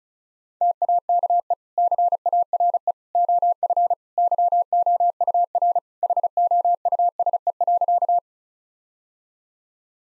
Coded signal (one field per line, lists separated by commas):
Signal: Morse code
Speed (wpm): 36 wpm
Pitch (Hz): 700 Hz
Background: none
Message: TAKE CARE OF YOUR HOUSE.